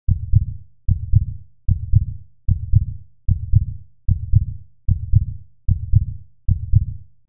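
Deep, regular thumping at about 75 beats a minute, with nine beats in just over seven seconds. Each beat has a paired lub-dub character with a short fading tail. A steady heartbeat with an even rhythm.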